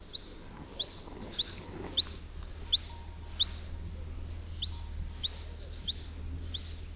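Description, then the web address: Common chiffchaff calling: a series of short, high, upslurred 'hweet' notes, about ten in seven seconds, over a steady low rumble. "phylloscopus collybita call"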